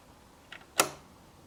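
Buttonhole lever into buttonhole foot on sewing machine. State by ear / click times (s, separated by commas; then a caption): seated / 0.8 s. A sewing machine's buttonhole lever is lowered and pushed back against the buttonhole foot. A faint tick at 0.5 s is followed by a sharp, louder click at 0.8 s as the lever seats into place.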